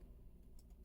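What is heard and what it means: A Corsair Vengeance RGB Pro DDR5 6000 MHz desktop RAM module is being handled and pressed down toward a motherboard DIMM memory slot, heard as a low steady hum with faint, brief ticks. Nothing has seated or clicked yet.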